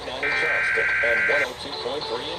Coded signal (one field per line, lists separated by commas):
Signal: Emergency Alert System (SAME) tones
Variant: header bursts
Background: speech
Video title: EAS Compilation: Alert Inundation (6/21/21) (48 alerts)